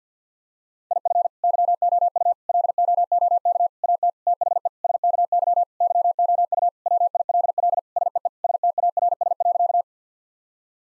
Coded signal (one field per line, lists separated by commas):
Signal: Morse code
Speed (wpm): 50 wpm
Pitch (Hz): 700 Hz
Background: none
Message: IF YOU LOOK AT THE SKY YOU WILL SEE STARS.